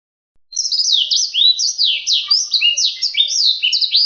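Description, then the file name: Black-throated seedeater song: a fast, unbroken run of sweet, high warbled notes and sliding whistles that starts after a short silence and carries on to the end. Song used for training canaries to learn its song. "audio kicauan blacksang untuk masteran kenari omkicau"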